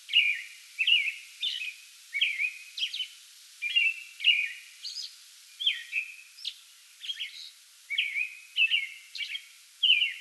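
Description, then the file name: American robin singing a continuous series of warbled, whistled phrases, each paired with higher scratchy notes, delivered without long breaks. Pre-dawn song bout recorded on 8 May 2022. "2022-05-08 American Robin pre-dawn song bout"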